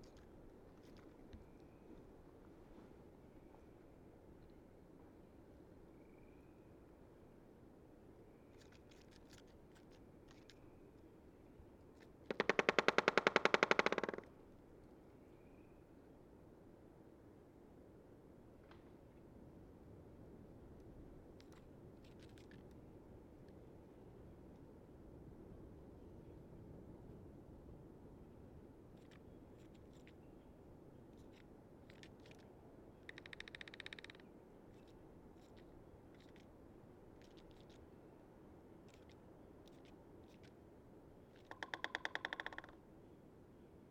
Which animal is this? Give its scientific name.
Picoides dorsalis